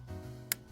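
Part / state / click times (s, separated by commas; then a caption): prescription lens insert clip into ski goggle frame / seated / 0.5 s. The second side of a plastic prescription lens insert clip (Thinlight) is pushed into a SMITH ShiftMAG Split ski goggle frame over a steady low hum. It snaps home with a single sharp, bright click at 0.5 s, and the insert is seated.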